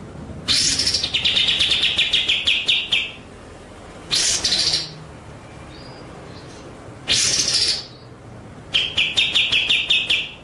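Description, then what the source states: White-rumped shama song: four bursts of loud, buzzy, rattling notes of varying length, separated by pauses. Masteran (training) track of white-rumped shama song, delivered in full 'ngerol' (rolling) and 'nembak' (shooting) style.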